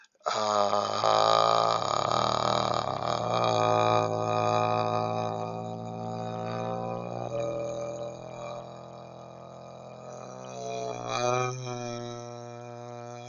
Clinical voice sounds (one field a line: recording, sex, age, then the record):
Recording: vowel held as long as possible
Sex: male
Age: 40 to 49 years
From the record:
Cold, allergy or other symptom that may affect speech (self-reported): no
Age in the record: 41 years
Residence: Illinois, United States